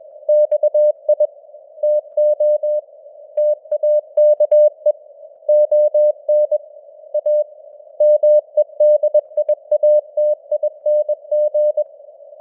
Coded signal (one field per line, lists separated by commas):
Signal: Morse code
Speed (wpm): 21 wpm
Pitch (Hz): 600 Hz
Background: none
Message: XI TO TAKE ON A MEDIATING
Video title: Morse Code News | 2026-01-07 | 21wpm